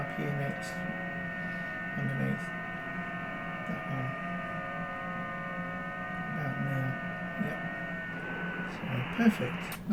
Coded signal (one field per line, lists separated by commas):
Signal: FT8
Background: speech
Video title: Just some fun on FT8/4